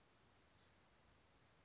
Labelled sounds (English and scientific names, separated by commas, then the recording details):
Oak Titmouse (Baeolophus inornatus)
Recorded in Sonoma County, California